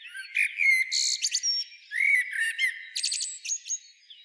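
Common blackbird song of short warbled notes and sharp high squeaks.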